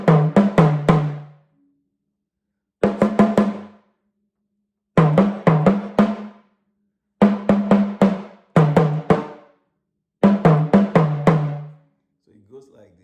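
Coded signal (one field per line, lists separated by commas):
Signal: talking drum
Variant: Yoruba, sakara drum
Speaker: Mercedes-Benz before you acquire before you indulging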